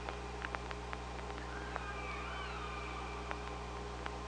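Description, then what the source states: Killer whale sounds: a soft looping whistle-like tone in the middle, surrounded by scattered sharp clicks over an underwater hum. Recorded on the OrcaLab hydrophone, 24 August 2017, 05:25:18.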